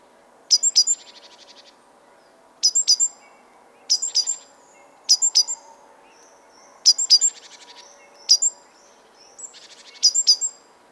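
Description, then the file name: Great tit calls: clusters of sharp high chirps, some trailing into a short buzzy rattle, repeated every one to two seconds over a faint low hum. "Parus major"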